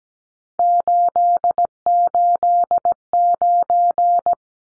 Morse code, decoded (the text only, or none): 889